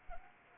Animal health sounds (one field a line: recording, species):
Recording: mosquito wingbeat signal from an infrared sensor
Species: Anopheles arabiensis